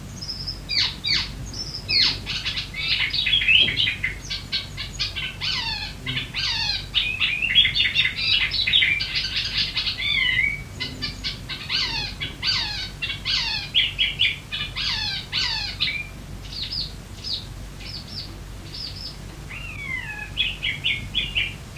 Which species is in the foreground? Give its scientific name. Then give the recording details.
Hippolais icterina. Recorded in the wild. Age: adult. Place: Bodensdorf, AT. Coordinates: 46.68, 13.97. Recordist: Brunner, Thomas. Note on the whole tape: Aufnahme: Frühjahr 1961, bei Sigl in der Wohnung, Bodensdorf, Ossiachersee, Kärnten